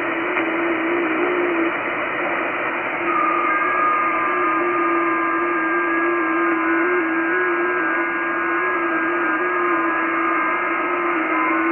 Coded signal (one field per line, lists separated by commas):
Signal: FT8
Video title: 5X3E, Uganda AFRICA, 14MHz, FT8, Worked by HL2WA